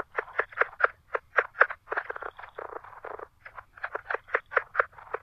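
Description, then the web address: Plains leopard frog producing harsh, knocking chuckles in uneven runs of several pulses, with a brief pause and overlapping clucks, against a quiet low rumble. North America. "Natures Songs N America Songs of Frogs Toads of North America -Plains Leopard Frog"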